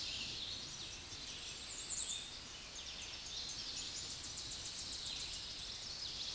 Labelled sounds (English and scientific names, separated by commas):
Tennessee Warbler (Leiothlypis peregrina) song